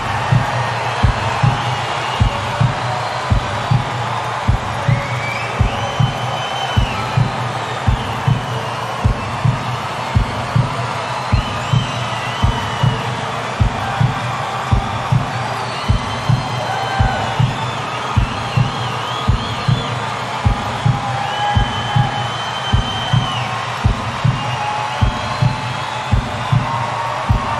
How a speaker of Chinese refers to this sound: 没错，这是现场的欢呼，千万不要和窗外的雨声混杂在一起。虽然听起来有点像，雨并没有那么大，但是现场足够的热烈。